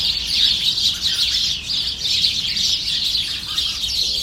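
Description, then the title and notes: Starlings chattering as a flock, a dense continuous mass of high squeaky, wheezy notes that swells and dips without pause. Flock in a shrub bed at 9 Rue Pascal Tavernier, Saint-Étienne, France; recorded on an iPhone SE, normalised in Audacity. "9 Rue Pascal Tavernier, 42000 Saint-Étienne, France - starling & cat. étourneaux (starling) dans un massif puis arrivée d'un chat"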